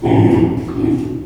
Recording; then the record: squeal of a Yucatan mini pig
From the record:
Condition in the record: before surgery on the right vocal fold (resection and tissue-engineered implant); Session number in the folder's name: 2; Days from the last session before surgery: -15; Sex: female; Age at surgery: 19 weeks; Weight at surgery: 25 kg